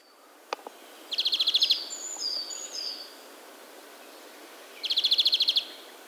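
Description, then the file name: European greenfinch repeating a fast, even trill of roughly ten notes twice, with softer whistled notes in between. "Chloris chloris"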